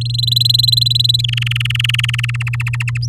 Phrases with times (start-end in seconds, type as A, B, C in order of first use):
0.01-1.21 A, 1.24-2.31 B, 2.34-2.98 C